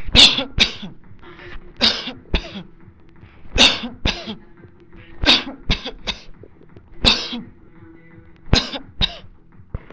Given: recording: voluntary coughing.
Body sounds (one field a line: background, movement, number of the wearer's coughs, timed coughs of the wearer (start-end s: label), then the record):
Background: music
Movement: sitting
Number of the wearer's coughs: 12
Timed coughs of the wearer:
0.12-0.48 s: cough
0.57-0.89 s: cough
1.78-2.20 s: cough
2.33-2.63 s: cough
3.55-3.96 s: cough
4.06-4.35 s: cough
5.24-5.62 s: cough
5.69-5.98 s: cough
5.93-6.38 s: cough
7.03-7.41 s: cough
8.52-8.87 s: cough
9.00-9.31 s: cough
From the record:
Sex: male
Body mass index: 20.6 kg/m2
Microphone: on the chest, facing the body